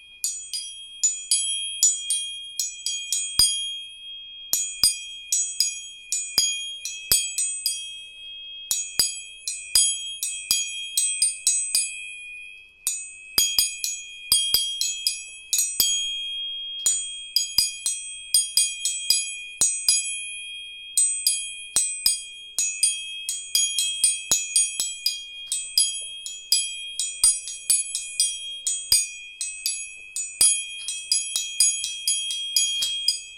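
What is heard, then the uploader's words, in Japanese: A tuning fork is struck again and again, leaving a steady, high, pure ringing tone that hangs under everything. Sharp metallic taps come in quick bursts, sometimes several per second, each adding brief bright chiming overtones. Clear, with no background noise. 音叉チューニング3本。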